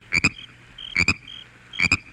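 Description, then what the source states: Frog croaking in quick double notes, each pair of short buzzy pulses repeated about every 0.8 seconds, three pairs in all, over a faint background hum. Recorded in a bog.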